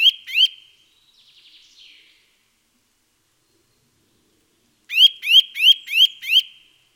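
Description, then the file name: Eurasian nuthatch: two rising whistles, a soft faint twitter, a pause, then five more loud upslurred notes repeated quickly. "Sitta europaea"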